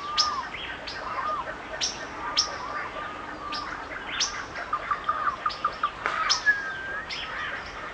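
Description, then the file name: Several birds singing together: high sharp chirps at irregular intervals, a short run of quick repeated notes near the middle, and a long flat whistle, over rain-like hiss. Forest birds singing in the rain; natural forest soundscape. "Nature Sounds Sonido Del Bosque y Naturaleza It s Raining - Calming Nature Bird Songs"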